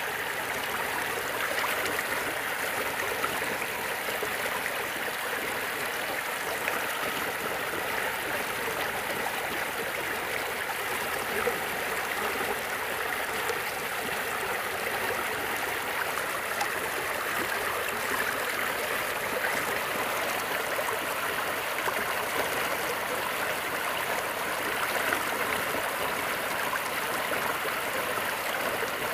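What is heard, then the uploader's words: A gentle stream runs steadily without pause, its dense, even rush of water sitting in the mid and upper range with little low rumble. Fine splashes and trickles flicker through the wash, but the level holds constant from start to finish. Gentle relaxing stream ASMR.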